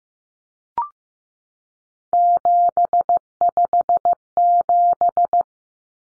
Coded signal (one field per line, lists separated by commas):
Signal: Morse code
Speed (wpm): 15 wpm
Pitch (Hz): 700 Hz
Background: none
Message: 757